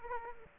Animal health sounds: mosquito wingbeat signal from an infrared sensor; Aedes aegypti

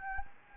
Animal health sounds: mosquito wingbeat signal from an infrared sensor; Anopheles gambiae

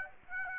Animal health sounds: mosquito wingbeat signal from an infrared sensor; Aedes aegypti

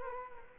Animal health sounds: mosquito wingbeat signal from an infrared sensor; Culex quinquefasciatus

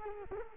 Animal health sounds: mosquito wingbeat signal from an infrared sensor; Culex quinquefasciatus

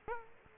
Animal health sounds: mosquito wingbeat signal from an infrared sensor; Aedes aegypti

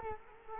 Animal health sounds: mosquito wingbeat signal from an infrared sensor; Culex quinquefasciatus

